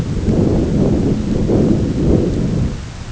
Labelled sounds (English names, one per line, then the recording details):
none
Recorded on Arctic tundra, site ZACK-1, on 10 June 2019
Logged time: 15:49